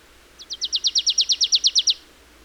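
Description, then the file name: Marsh tit call run: roughly fourteen crisp high notes in quick succession, rising in volume before stopping. "Poecile palustris"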